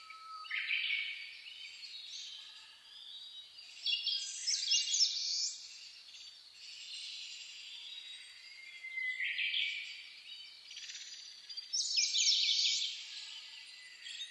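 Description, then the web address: Birdsong chorus at dawn, loud bursts of chattering trills recurring every few seconds over a steady high twitter from other birds. Dawn chorus (reimei) recorded 10 May 2010. "reimei -saezuri-20100510"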